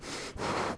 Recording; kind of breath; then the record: one breath in and out by a microphone near the nose and mouth; strong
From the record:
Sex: male